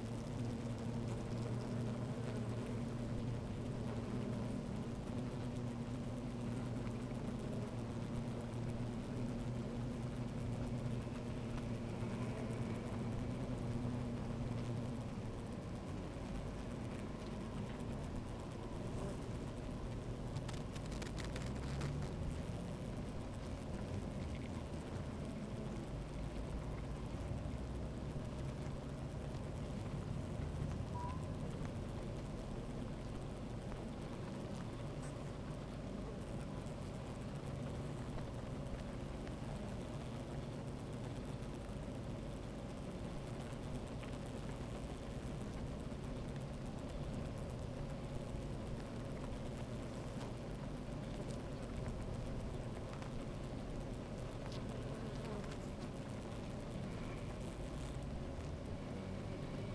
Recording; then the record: honeybee colony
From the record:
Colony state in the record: active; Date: 28 July 2017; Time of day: 13:04